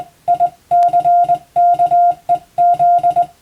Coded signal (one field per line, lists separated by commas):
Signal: Morse code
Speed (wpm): 21 wpm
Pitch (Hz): 700 Hz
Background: music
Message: ICKEZ